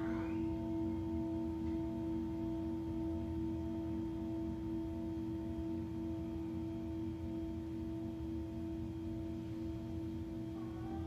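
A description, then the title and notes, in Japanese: A singing bowl rings with a steady, sustained hum throughout, its strong low tone holding unchanged with a few fainter higher tones above it. The sound is dense and even, with a gentle pulsing shimmer and no new strikes or breaks across the eleven seconds. 春分 メキシコから シンギングボウルのサウンドヒーリング。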